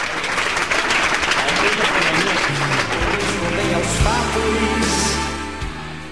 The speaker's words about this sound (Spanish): estos son los aplausos para Gabriel, que no son los mismos que para Gustavo